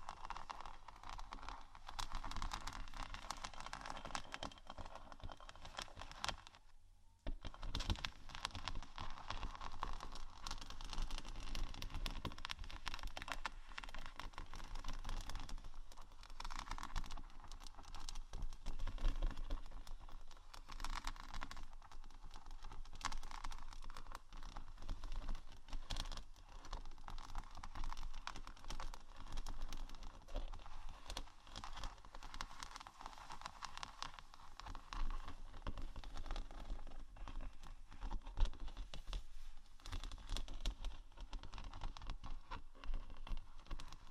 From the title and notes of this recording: ASMR Scratching & Tapping Textured Surfaces （No Talking）.